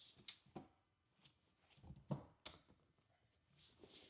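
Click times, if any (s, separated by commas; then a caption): 2.5 s. After several fiddly attempts, a plastic clip is pushed home into a car engine-bay part, with softer handling taps and rattles along the way. One loud, sharp click rings out at 2.5 s as the clip snaps home and seats.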